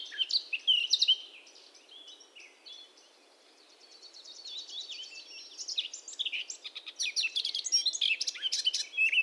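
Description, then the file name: Eurasian blackcap song: a loud chattering phrase opens, a quiet lull follows, then rapid twittering warbling returns and grows busier toward the end. "Sylvia atricapilla"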